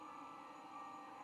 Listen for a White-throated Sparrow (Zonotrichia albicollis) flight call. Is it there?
no